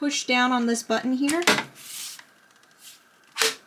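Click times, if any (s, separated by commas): 3.4 s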